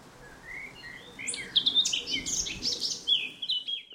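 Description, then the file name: Eurasian blackcap song: a quiet warbling start gives way to louder, high, whistled notes toward the end. "Sylvia atricapilla"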